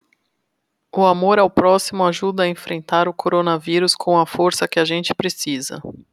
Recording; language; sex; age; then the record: spoken sentence; Brazilian Portuguese; female; 30 to 39 years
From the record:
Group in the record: control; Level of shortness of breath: 0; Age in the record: 39 years